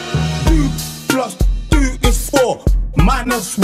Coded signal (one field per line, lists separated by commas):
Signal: none